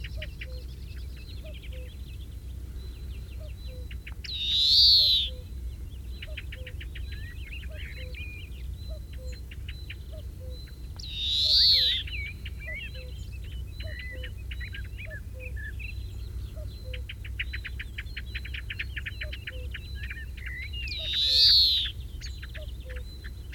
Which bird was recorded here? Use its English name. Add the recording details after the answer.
European Greenfinch. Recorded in the wild. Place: Melnik, Blagoewgrad, BG. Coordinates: 41.525, 23.392. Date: 1974-05-23. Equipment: Nagra III BH, Sennheiser MD 21, parabola. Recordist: Schubert, Michael. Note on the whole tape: Gesang Grünfink (Rülschen)